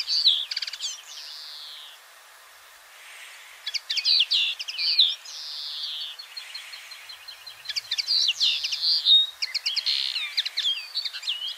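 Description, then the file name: Common linnet song: rapid twittering phrases of buzzy notes and short whistles, broken by brief pauses and a longer gap near two seconds. "Common Linnet Singing"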